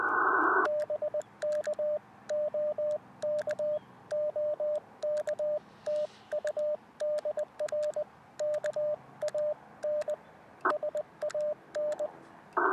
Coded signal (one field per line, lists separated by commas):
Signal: Morse code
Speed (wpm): 20 wpm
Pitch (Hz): 600 Hz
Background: radio noise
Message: BK OK OK TU DR KAN SAN